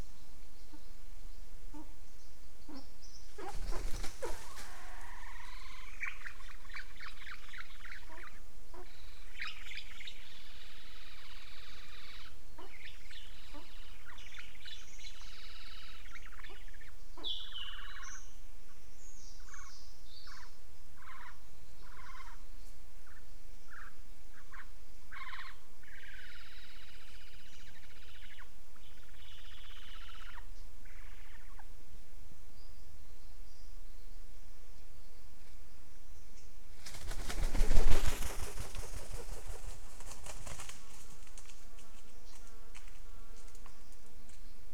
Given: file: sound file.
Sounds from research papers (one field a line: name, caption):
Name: nest-visit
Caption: The contact calls of a female Albert's lyrebird and her nestling recorded during a nest visit.